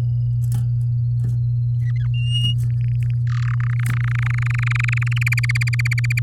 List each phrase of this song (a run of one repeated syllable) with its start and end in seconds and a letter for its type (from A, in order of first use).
1.81-2.07 A, 2.13-2.54 B, 2.70-3.14 C, 3.27-3.55 D, 3.60-5.18 E, 5.21-6.19 F